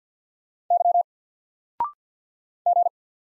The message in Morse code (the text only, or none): Y G